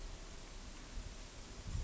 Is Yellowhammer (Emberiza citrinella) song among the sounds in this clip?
no